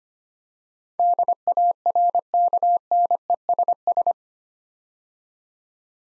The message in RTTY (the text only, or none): none